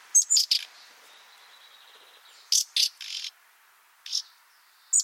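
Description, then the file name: Common nightingale giving short harsh, rasping call notes singly or in clusters of up to three, some opening with a brief high whistle, separated by short pauses. "Luscinia megarhynchos"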